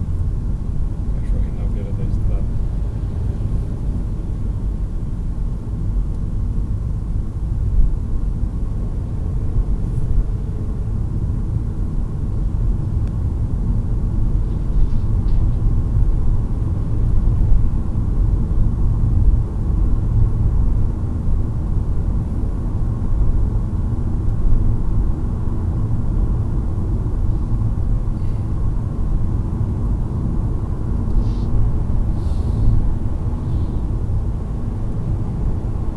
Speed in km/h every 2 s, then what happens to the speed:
63, 64, 64, 65, 68, 72, 75, 79, 83, 85, 90, 94, 94, 94, 94, 95, 95, 98.
0-7 steady at about 64. 7-22 speeds up to 94. 22-36 steady at about 94.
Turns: none.